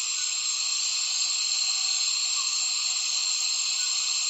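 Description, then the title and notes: Cicadas give a constant high-pitched buzzing chorus with no pauses. A faint short chirp sounds midway. Many cicadas calling as afternoon light fades at dusk, Tawau Hills National Park, Borneo rainforest; recorded with Zoom F6 and Lom MikroUsi Pro microphones. "Intense Dusk Chorus In The Borneo Rainforest. A myriad cicadas start calling as soon as the afternoon light begins to fade in Tawau Hills NP, Borneo"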